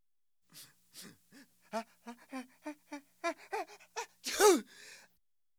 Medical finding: Sneezing man.